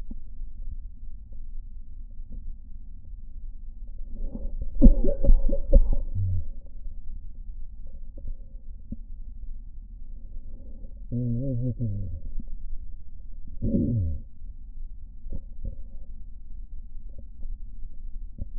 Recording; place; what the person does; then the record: lung sounds by stethoscope; right posterior basal chest; quiet breathing, then cough and speech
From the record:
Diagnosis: interstitial lung disease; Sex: male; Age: 66 years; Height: 172 cm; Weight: 107.6 kg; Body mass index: 36.4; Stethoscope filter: diaphragm mode